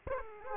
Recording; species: mosquito wingbeat signal from an infrared sensor; Aedes aegypti